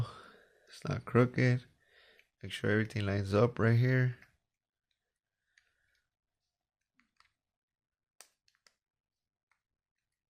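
Someone talks while lining up the two plastic halves of a 2016–2024 Malibu/Cruze/Camaro key fob case over the battery compartment after the CR2032 battery is changed. This is followed by near-silence with a few faint, sharp ticks of handling. Nothing has snapped or seated yet.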